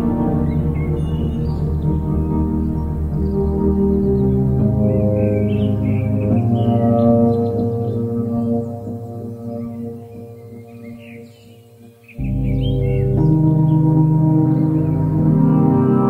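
Ambient music with rainforest sounds and birds: low, sustained droning tones fill the clip, holding steady and layered. Bird calls chirp now and then in the upper range. Around twelve seconds the drone thins and fades, then swells back fully.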